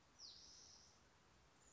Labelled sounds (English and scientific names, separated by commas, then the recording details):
Spotted Towhee (Pipilo maculatus)
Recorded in Sonoma County, California